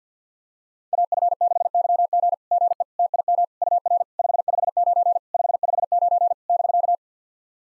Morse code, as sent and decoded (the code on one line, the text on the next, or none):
.- ..-. -.... -.-- --. / --. . / - .. -- / ..- .-. / ..... ..... ----. / ..... ..... ----. / -...-.-
AF6YG GE TIM UR 559 559 <BK>